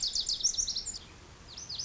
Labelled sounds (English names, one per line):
Lazuli Bunting